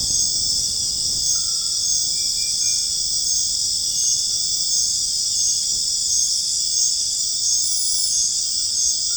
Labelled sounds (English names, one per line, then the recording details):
none
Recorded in dense forest near Puerto Asís, Putumayo, Colombia, on 25 June 2025 at 22:30
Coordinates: 0.481, -76.323
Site G072